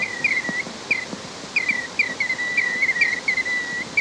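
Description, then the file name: Tawny-throated dotterel calling with clear, downslurred whistles, some drawn into longer notes, in a quick series over faint clicks. "chorlocabezon"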